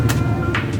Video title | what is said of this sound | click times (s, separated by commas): FIT NGA BA? PCX 160/150 SEAT to ADV 160 | rinig nyo yung click, nag-lock naman. | 0.5 s